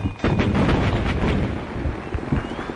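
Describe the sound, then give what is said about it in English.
A sustained barrage of heavy booming cannon fire from the shore at a ship, deep rumbling blasts overlapping continuously with crackling bursts, loud throughout with no voices. “Oh, I hate being fired up from the shore.”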